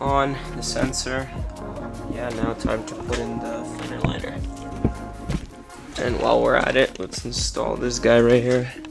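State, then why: Not seated. Someone talks over music while handling a small trim piece or clip by hand near the fender and body area of a rebuilt BMW F82 M4 Competition, as the fender liner is being refitted. A few short taps and knocks are heard around 4.1 to 4.9 seconds. Nothing has seated or clicked into place yet.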